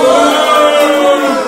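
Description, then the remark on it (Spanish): A crowd boos at the host's request, letting out a loud, sustained boo, many voices blending into one steady low drone that holds for over a second without pause. “Y un abucheo fuerte para mí, por favor.”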